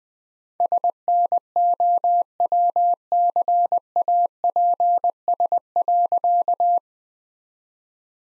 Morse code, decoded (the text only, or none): SNOWCAPS.